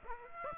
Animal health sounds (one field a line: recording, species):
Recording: mosquito wingbeat signal from an infrared sensor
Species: Aedes aegypti